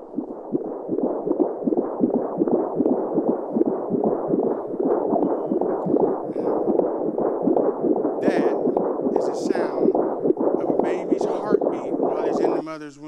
That is the sound of a baby's heartbeat while it's in the mother's womb.